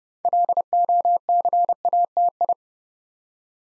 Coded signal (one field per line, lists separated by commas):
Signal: Morse code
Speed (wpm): 28 wpm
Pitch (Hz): 700 Hz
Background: none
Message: LOCATI